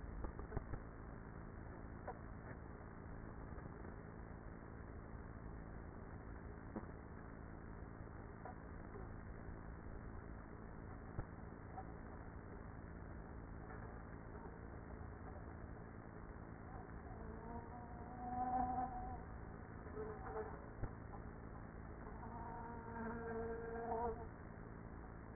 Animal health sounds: honeybee colony, microphone inside the hive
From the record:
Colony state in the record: queenless with a low population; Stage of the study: after two queens were removed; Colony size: about 30,000 bees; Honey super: no

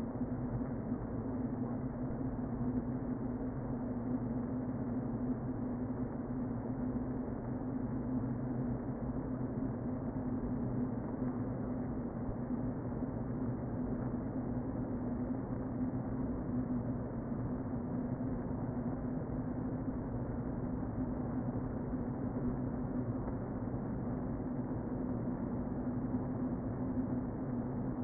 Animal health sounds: honeybee colony, microphone inside the hive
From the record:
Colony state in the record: queen present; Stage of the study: before two queens were removed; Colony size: about 60,000 bees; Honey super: yes

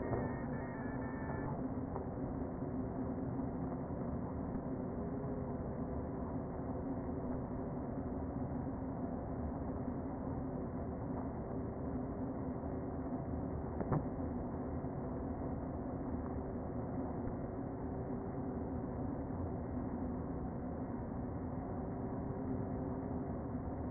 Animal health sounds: honeybee colony, microphone inside the hive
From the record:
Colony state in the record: queen present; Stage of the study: before two queens were removed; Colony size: about 60,000 bees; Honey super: yes

